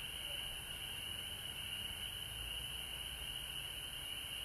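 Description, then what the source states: Many frogs calling at once, a strong high sound carrying on without break, with a fainter lower tone and low hum beneath. Frogs recorded at home in Georgia on March 19, 2020.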